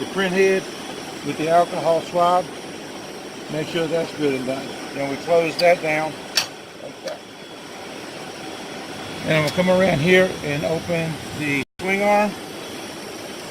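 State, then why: Seated. A printhead assembly of a label printer on a SLAM machine, cleaned with an alcohol swab, is closed down while someone talks over a steady machine hum. A single sharp click at 6.4 s marks the assembly latching closed and seated.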